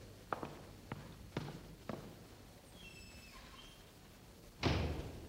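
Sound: window being opened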